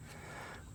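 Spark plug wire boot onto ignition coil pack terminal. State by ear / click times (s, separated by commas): not seated / none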